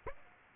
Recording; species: mosquito wingbeat signal from an infrared sensor; Aedes aegypti